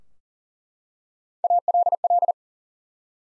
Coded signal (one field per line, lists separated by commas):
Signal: Morse code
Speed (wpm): 40 wpm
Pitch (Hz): 700 Hz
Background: none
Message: ALL